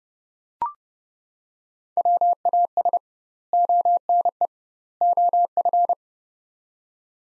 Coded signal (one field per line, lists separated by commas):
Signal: Morse code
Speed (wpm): 30 wpm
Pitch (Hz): 700 Hz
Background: none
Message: WAS ONE OF